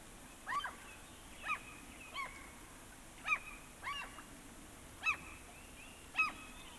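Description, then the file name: Gull calls: short, nasal, yelping cries repeated roughly once a second over a soft, steady background hiss. "Digiffects Sound Effects Library - Seagulls Calls and Shouts"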